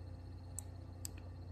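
A microSD memory card is pushed all the way into the spring-loaded card slot of a Nintendo Switch handheld game console. Two sharp, bright clicks come at 0.6 s and 1.1 s, followed by a fainter tick at 1.2 s, over a steady low hum. The card clicks in and is seated.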